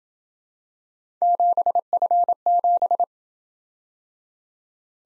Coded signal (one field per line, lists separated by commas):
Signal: Morse code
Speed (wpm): 26 wpm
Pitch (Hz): 700 Hz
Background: none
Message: 7F7